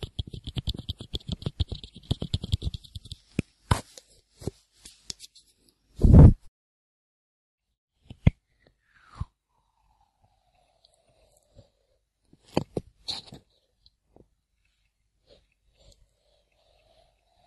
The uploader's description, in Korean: 귀청소